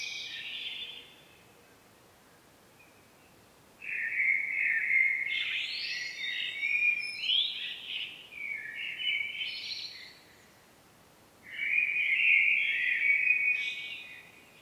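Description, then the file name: Common blackbird song in three separate bursts of fluty warbling with high scratchy notes, separated by pauses. "Turdus merula"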